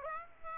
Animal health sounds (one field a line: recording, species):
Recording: mosquito wingbeat signal from an infrared sensor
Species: Aedes aegypti